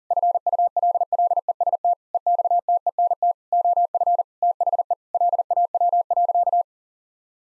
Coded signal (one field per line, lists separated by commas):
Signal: Morse code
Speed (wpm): 40 wpm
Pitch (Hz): 700 Hz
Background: none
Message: FULLEST EXTENT OF THE LAW.